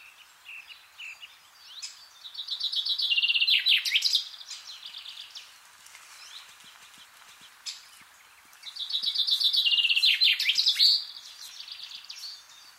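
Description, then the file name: Common chaffinch repeating its song twice, about seven seconds apart, each a fast trill dropping in pitch and finished by a sharp terminal flourish. "Fringilla coelebs"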